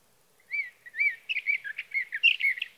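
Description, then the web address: Sage thrasher song: two slurred whistles, then a fast, tumbling stream of warbled and buzzy notes that runs to the end. "birdsongforthecurious Sage Thrasher"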